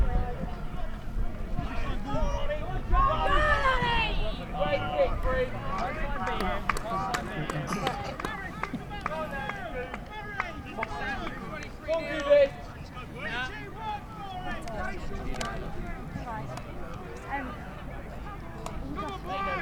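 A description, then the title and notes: Crowd noise at a rugby match: many voices talk over one another throughout, with occasional louder shouts standing out, one around the three-second mark and a sharp cry near twelve seconds. A steady low rumble runs underneath, punctuated by scattered short knocks and thuds. Rugby Match at Folkstone.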